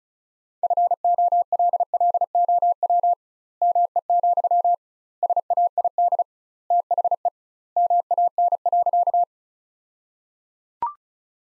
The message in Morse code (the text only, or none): FOLLOW ME, SAID THE MAN.